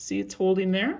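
A memory stick is being handled in a motherboard slot, with its second white plastic retaining clip not yet snapped into the notch. Someone talks briefly throughout the short clip. Nothing has seated or clicked yet.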